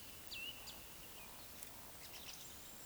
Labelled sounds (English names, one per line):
Eurasian Woodcock croak